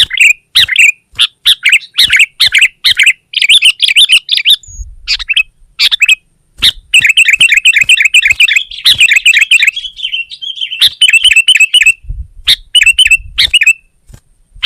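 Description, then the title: Sooty-headed bulbul song of dense bright chirps and longer bubbling warbled runs, with brief pauses between bursts. "kutilang"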